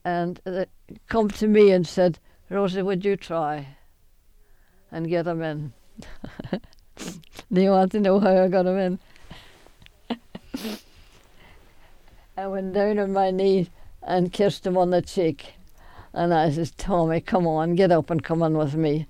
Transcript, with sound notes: And they come to me and said, "know whatRosie, would you try and get him in?" ( she laughs ) Do you want to know how I got him in? I went down on my knees and kissed him on the cheek, and I says, "Tommy, come on and get up and come in with me."